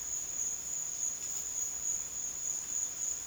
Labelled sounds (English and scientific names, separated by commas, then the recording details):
none
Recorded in secondary vegetation near Puerto Asís, Putumayo, Colombia, on 25 June 2025 at 13:00
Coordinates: 0.485, -76.322
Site GP06